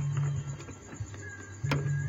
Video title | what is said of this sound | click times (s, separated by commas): #15 Instal windows 11 motherboard H61 KYO | klik bunyi dia | 1.7 s